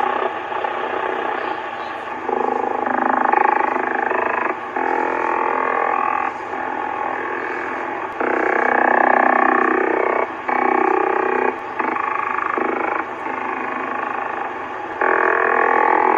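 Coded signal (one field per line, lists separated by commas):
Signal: radar signal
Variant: over-the-horizon radar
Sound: harsh rapid buzzing pulse train across a wide band, shifting character every second or two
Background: radio static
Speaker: that little clip there was from my icom in the house i've heard that sound before somebody else on youtube had put it up like four years ago and it sounds like an over the horizon radar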